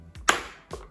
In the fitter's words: Okay. Well, that's a click.